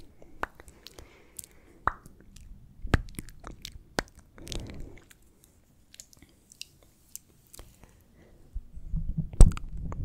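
Wet kisses and soft lip smacks pop out one at a time against near silence, spaced irregularly every second or so. A few faint breathy sounds sit between them, and a low rustling thump builds near the end.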